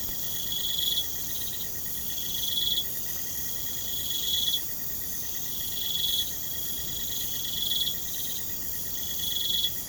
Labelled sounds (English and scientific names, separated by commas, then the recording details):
none
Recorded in pastures near Puerto Asís, Putumayo, Colombia, on 23 June 2025 at 00:00
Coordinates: 0.472, -76.331
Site G095